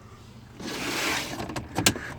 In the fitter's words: shuts in locks in in place